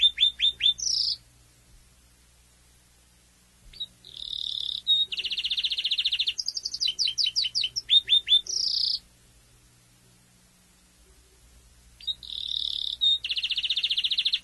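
Domestic canary singing short bursts of rapid chirps and buzzy trills, separated by several seconds of silence.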